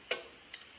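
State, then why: Torque reached. A click-type torque wrench set to 55 tightens a transmission bolt during a 46RH 4-speed overdrive transmission swap behind an LA 360 in an E-body Cuda. A sharp, bright click sounds at 0.1 s, followed by a second, slightly quieter click at 0.5 s. The wrench clicks at its setting at 0.1 s, confirming the bolt is torqued.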